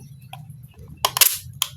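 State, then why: Seated. A magazine loaded with a few BBs is pushed into the well of a 3D-printed spring bolt-action airsoft replica rifle. Soft handling ticks and a cluster of sharp rattling impacts around 1.0–1.3 s lead to a sharp plastic click at 1.6 s. The magazine seats, and someone talks.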